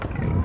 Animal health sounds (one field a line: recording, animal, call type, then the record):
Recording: contact call of a hoofed animal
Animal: wild boar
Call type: grunt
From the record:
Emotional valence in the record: negative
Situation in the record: naturally occurring agonistic interactions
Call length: 0.45 s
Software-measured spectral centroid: 1140 Hz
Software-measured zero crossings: 720 a second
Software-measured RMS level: -24 dBFS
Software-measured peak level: -12 dBFS